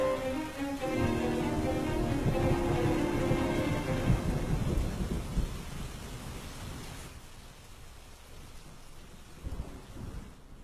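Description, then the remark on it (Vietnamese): Heavy rain pours steadily outside, with lightning flashing, while a deep, rolling thunder rumble swells through the first half, then fades, leaving a dense hiss of rainfall alone. “Bên ngoài trời vẫn cứ mưa như chút nước”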